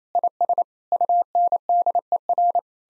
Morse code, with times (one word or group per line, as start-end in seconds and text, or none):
0.1-0.6 IS
0.9-2.6 UNDER